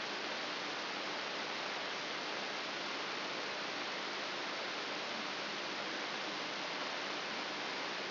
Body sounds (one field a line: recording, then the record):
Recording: brain microelectrode recording played as sound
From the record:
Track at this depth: inside the subthalamic nucleus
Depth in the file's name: 2.304 mm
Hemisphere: left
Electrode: 3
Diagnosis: Parkinson's disease